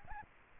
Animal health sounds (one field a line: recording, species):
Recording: mosquito wingbeat signal from an infrared sensor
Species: Aedes albopictus